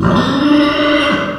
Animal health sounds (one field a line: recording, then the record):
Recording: squeal of a Yucatan mini pig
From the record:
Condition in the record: after surgery on the right vocal fold (resection and tissue-engineered implant)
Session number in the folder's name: 15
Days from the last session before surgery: 175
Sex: female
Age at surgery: 19 weeks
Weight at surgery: 25 kg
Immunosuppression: prednisolone